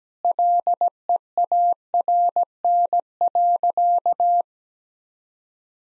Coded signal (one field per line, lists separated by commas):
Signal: Morse code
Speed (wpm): 17 wpm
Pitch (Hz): 700 Hz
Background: none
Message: LEARN.